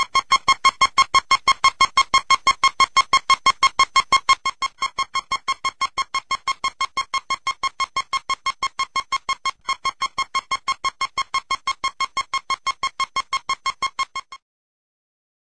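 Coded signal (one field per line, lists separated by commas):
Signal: none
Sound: piano music notes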